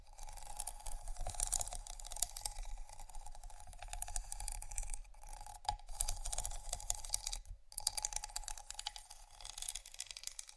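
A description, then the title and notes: Scratching and tapping go on almost without pause, a dense stream of small dry clicks and rasping strokes with a bright, crackly edge. A faint steady tone and low rumble sit underneath, with brief near-silent gaps around five and seven and a half seconds. ASMR Scratching & Tapping For Sleep（No Talking）.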